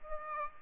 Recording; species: mosquito wingbeat signal from an infrared sensor; Aedes aegypti